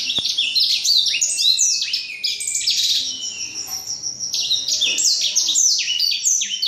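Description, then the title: Black-throated canary song: a dense, continuous run of bright, high, downslurred and trilled notes, with a softer stretch between about three and four seconds. From Jombang. "Burung blackthroat dari Jombang"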